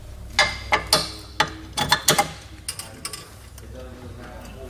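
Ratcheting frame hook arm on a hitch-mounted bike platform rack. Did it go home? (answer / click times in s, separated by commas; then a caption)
yes / 0.4 s, 0.7 s, 0.9 s, 1.9 s, 2.1 s. The ratcheting frame hook arm on a Curt 2-bike hitch-mounted platform rack on a 2017 GMC Terrain is pressed down, stepping through sharp plastic-and-metal ratchet pawl clicks at 0.4, 0.7, 0.9, 1.9 and 2.1 seconds. The arm seats and locks in place, and quieter ticks trail off afterward.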